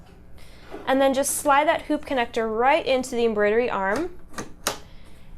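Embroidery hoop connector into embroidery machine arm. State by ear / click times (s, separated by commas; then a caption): seated / 4.7 s. The hoop connector on the side of an embroidery hoop for a Husqvarna embroidery sewing machine is slid into the machine's embroidery arm while someone talks. A sharp snap at 4.7 s shows the connector seating all the way in, which is how the machine detects that the hoop is attached.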